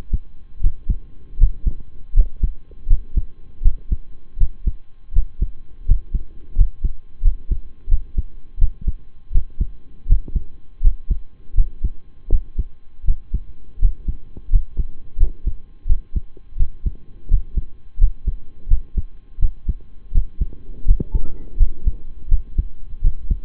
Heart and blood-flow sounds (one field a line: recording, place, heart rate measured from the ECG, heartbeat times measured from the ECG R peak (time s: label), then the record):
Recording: heart sounds by stethoscope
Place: between the tricuspid and mitral areas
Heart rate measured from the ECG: 83 bpm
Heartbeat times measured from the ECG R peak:
0.60 s: heartbeat
1.37 s: heartbeat
2.13 s: heartbeat
2.87 s: heartbeat
3.62 s: heartbeat
4.37 s: heartbeat
5.12 s: heartbeat
5.85 s: heartbeat
6.54 s: heartbeat
7.21 s: heartbeat
7.88 s: heartbeat
8.58 s: heartbeat
9.31 s: heartbeat
10.06 s: heartbeat
10.81 s: heartbeat
11.54 s: heartbeat
12.29 s: heartbeat
13.04 s: heartbeat
13.78 s: heartbeat
14.49 s: heartbeat
15.17 s: heartbeat
15.86 s: heartbeat
16.56 s: heartbeat
17.27 s: heartbeat
17.97 s: heartbeat
18.67 s: heartbeat
19.39 s: heartbeat
20.11 s: heartbeat
20.84 s: heartbeat
21.56 s: heartbeat
22.28 s: heartbeat
23.00 s: heartbeat
From the record:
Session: rest, lying down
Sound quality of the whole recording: partially saturated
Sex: male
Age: 25 years